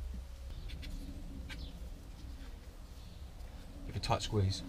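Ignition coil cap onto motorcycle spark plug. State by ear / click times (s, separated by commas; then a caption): not seated / none. A plastic ignition coil cap is lined up over the spark plug of a BMW motorcycle, ready to be squeezed home, while someone talks over a low background hum. Faint handling sounds and a louder burst of rustling come near the end, around 4.1 to 4.5 s. The cap has not seated or clicked yet.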